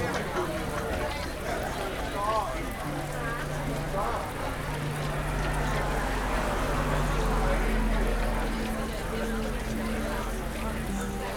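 A busy lunchtime city scene with a dense, steady murmur of many overlapping voices. A deep rumble and droning engine tones run underneath throughout, suggesting traffic, while a few brighter voices rise briefly above the crowd early on.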